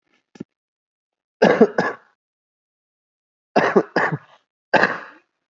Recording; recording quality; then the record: shallow voluntary cough; excellent, no background noise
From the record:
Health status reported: healthy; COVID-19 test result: negative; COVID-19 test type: RT-PCR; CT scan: taken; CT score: 5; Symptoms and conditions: cough, cold, sore throat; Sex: male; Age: 21 years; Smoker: yes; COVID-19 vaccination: both doses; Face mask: not worn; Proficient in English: yes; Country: India